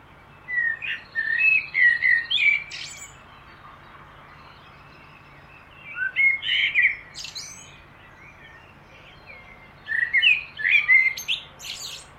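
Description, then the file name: Common blackbird: three separate song phrases, each a run of mellow warbled whistles closing with a high, squeaky flourish. "Turdus merula"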